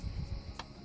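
During a fuel pump replacement on a 2002-2006 Cadillac ESV/EXT or 2002-2006 Chevy Avalanche, a fuel line quick connector is lined up and pushed onto the fuel pump module fitting over low background rumble. A single crisp click is heard at 0.6 s as the connector seats home.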